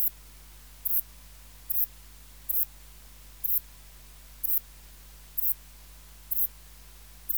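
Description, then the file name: Ephippiger cruciger song: short, high-pitched chirps spaced evenly, with a faint steady hum in the background. "Ephippiger cruciger"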